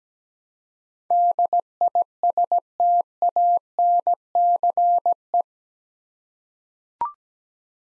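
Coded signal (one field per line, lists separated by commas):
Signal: Morse code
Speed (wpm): 17 wpm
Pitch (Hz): 700 Hz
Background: none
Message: DISTANCE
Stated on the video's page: Morse head-copy practice of eight-letter words at 17 wpm, each sent, spoken, then sent again.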